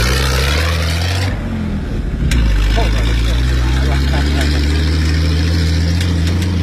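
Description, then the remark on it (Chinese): A heavy desert off-road vehicle with a rear-mounted engine and four wide rear tires growls and then surges louder as it starts charging over the sand in desert dune surfing, a deep low rumble with rising revs and rattling, steady and loud throughout with faint voices mixed in. “我刚才真的是，我拿着手机在录音，然后他开始冲的时候，我就说等一下，等一下，然后就开始冲了。”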